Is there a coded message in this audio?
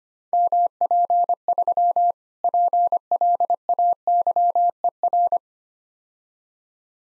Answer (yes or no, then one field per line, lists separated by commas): yes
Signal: Morse code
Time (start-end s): 0.3-5.4 s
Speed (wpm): 25 wpm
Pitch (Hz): 700 Hz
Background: none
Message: MP3 PLAYER